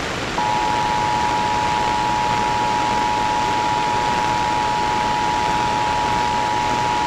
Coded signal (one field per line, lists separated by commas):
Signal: Emergency Alert System (SAME) tones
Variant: 853 and 960 Hz attention tone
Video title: 2019 National Periodic EAS Test - WLW/WHAS/WVLK/WFRT-FM EAS Activation - 8/7/2019 2:20pm